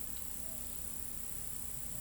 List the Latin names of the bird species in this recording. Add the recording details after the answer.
none. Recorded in pastures near Pivijay, Magdalena, Colombia, on 4 June 2023 at 18:00. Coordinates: 10.456, -74.369. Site P6-G026